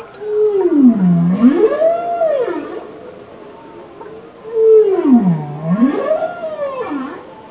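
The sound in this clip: Bowhead whale song with dipping and rising moans, strongly harmonic, the phrase repeated after a short quiet gap.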